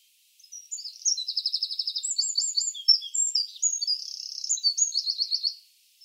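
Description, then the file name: Eurasian wren singing a vigorous, very high burst of chattering phrases and machine-gun trills that runs for roughly five seconds before stopping abruptly. "Troglodytes troglodytes"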